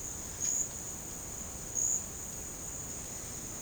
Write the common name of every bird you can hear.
none